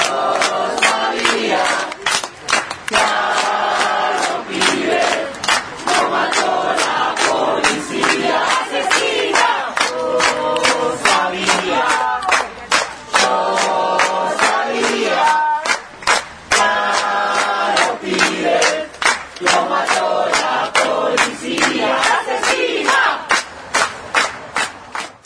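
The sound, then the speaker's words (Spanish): A large protest crowd against police impunity shouts a rhythmic chant in unison, 'Diego, Nino y Sergio, presente', loud and sustained, with repeated bursts of voices rising and falling in a steady cadence. “Desde la memoria, desde la verdad y con la necesidad imperiosa de justicia, desde un pasado hecho presente, gritamos: Diego, Nino y Sergio, presente.”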